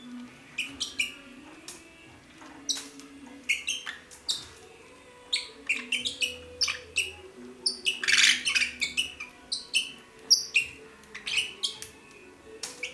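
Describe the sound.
Red-rumped parrot giving bright, high chirping notes in irregular bursts, busier toward the middle, with a low hum underneath throughout.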